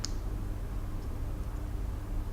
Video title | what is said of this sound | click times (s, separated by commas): How To Install ND Filter On Mavic 2 Pro Drone - Tutorial | clockwise until you hear a click. | 0.0 s